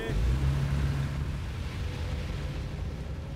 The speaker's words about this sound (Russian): Машина трогается, мужчина сидит на заднем сиденье.